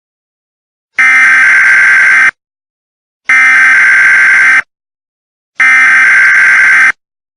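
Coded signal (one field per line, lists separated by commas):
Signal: Emergency Alert System (SAME) tones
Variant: header bursts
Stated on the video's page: Fictional EAS scenario set aboard an airplane during a solar flare.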